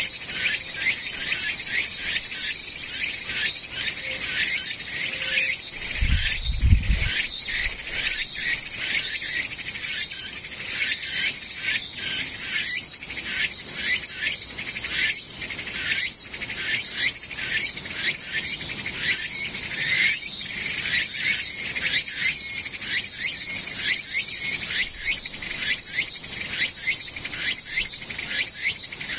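Tsukutsuku-boshi cicadas shrill steadily the whole way through, a dense, bright buzzing that pulses in fast, regular ticks. Around six seconds a brief low thump breaks in, and a faint lower hum sits beneath the insect chorus.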